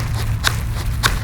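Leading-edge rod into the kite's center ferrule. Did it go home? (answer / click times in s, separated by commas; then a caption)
yes / 0.5 s. A kite's leading-edge rod is guided onto the center shaft of the ferrule and pushed home, giving a sharp single click at 0.5 s over a steady low hum, with a second similar short burst near 1.1 s. The rod is seated, and it must click all the way in or the shaft can break.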